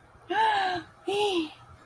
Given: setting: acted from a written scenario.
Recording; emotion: vocal sound without words; relief